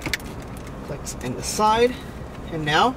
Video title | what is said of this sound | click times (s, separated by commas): 4" Sync to Sync 3 in a 2015-2018 Ford Focus MK3.5 | it all needs to come from the same angle and it clicks back in place just like that click in there | 0.1 s